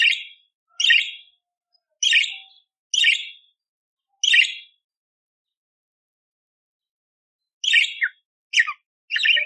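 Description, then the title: Budgerigar giving harsh, buzzy chirps, five spaced about a second apart, a three-second pause, then three more quick rasping notes. Indonesian masteran tutor recording of a lively (gacor), clear-voiced budgerigar, full of rough 'tembakan' bursts, made for training oriental magpie-robins (kacer) to sing. "Masteran Burung Parkit Gacor Jernih Durasi Panjang 1 Jam Full Isian Tembakan Kasar Cocok Buat Kacer"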